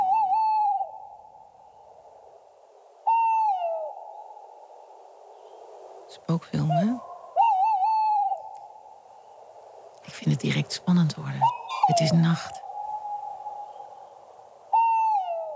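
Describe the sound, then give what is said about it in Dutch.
A male tawny owl hoots repeatedly, each call a drawn-out, wavering, mid-pitched note returning every few seconds, while people talk briefly in the gaps between hoots. “Arend, dit is een mannetje bosuil, toch? Ja, dit is een mannetje bosuil.”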